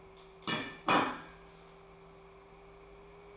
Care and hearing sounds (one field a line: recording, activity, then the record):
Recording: daily activity, microphone in the room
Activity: place plate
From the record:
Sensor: 1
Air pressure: 1015.0 hPa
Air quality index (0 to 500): 202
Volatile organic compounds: 26 ppm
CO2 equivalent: 2865 ppm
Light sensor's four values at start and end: 27/67/29/34 and 28/69/29/35